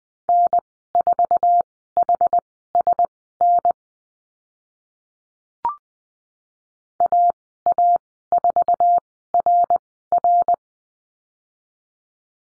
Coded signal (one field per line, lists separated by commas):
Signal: Morse code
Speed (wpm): 20 wpm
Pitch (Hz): 700 Hz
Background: none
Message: N4HSN AA4RR